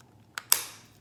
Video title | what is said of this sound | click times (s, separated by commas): Star Wars Galaxy’s Edge Savi Custom Lightsaber Review | you go comes together with a satisfying click I think they're magnetized and | 0.4 s, 0.5 s